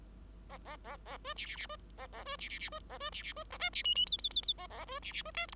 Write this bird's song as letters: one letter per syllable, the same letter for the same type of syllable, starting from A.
A A A A B C C C B A A B C C C B A B C C B D C E E F F F F A A B C C B D G